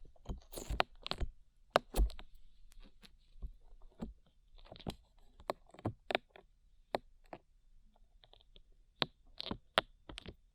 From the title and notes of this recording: ASMR SLIME IN YOUR EARS 3Dio Sticky Sounds (No Talking).